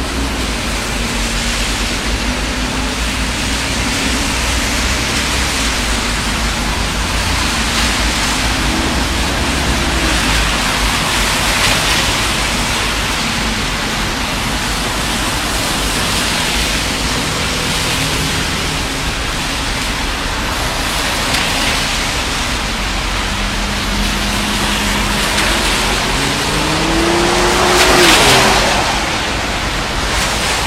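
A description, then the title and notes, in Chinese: Walking through city streets at night in the rain, a dense, steady hiss of rainfall fills the whole clip. Low traffic rumble runs underneath, with faint tonal hums drifting in and out, and a brief louder swell near 28 seconds. 晚上在城市街头的雨中行走。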